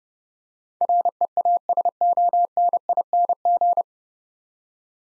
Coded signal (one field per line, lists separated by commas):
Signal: Morse code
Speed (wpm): 31 wpm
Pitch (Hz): 700 Hz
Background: none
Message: REASONING